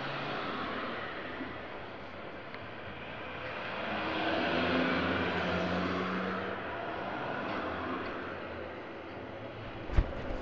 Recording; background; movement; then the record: throat clearing; traffic; sitting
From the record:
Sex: female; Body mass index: 25.5 kg/m2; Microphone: on the chest, facing the body